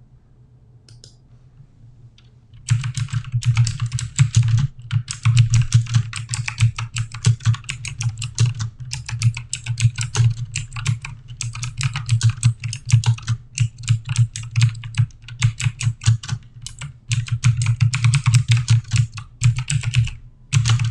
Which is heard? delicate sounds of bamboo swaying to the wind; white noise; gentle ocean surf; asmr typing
asmr typing